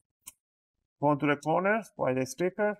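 A guitar pick or plastic opening tool is run between the plastic bottom cover and the palm rest of an Acer Aspire 3 A315-59-314H laptop. A sharp plastic click at 0.3 s is a snap clip of the bottom cover releasing from the palm rest, and from about 1.0 s someone talks.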